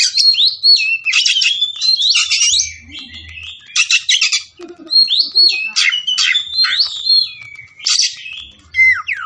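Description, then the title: Oriental magpie-robin singing rapid harsh bursts mixed with rising and falling whistles, delivered in energetic, closely spaced phrases. Kacer fighting, persistent song full of 'tembakan' bursts, meant to make a kacer ready to fight within minutes. "Kacer Langsung Tarung Konslet KACER NGOTOT FULL TEMBAKAN"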